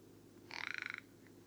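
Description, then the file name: Rock ptarmigan, quiet: a single half-second rattle made of rapid pulses. Recorded at Karwendelspitze on 6 July 2014. "Alpenschneehuhn. Karwendelspitze. Michle Pron"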